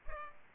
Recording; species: mosquito wingbeat signal from an infrared sensor; Culex pipiens